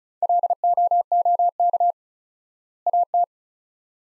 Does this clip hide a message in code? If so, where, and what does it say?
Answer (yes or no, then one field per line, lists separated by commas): yes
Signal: Morse code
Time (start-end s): 0.2-3.2 s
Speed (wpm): 36 wpm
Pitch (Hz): 700 Hz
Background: none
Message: LOOK AT